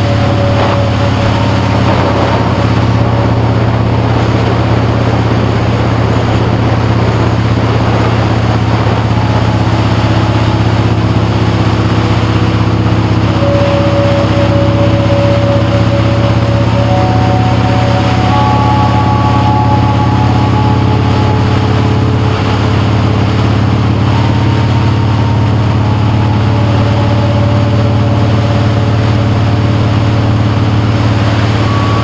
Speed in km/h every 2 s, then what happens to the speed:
56, 58, 52, 55, 53, 56, 56, 55, 61, 60, 58, 58, 61, 64, 64, 63.
0-22 steady at about 56. 22-25 speeds up to 64. 25-32 steady at about 64.